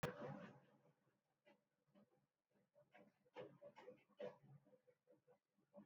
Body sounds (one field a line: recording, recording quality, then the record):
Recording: shallow breathing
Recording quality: excellent, no background noise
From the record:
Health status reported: healthy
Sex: male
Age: 22 years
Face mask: not worn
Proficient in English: yes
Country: India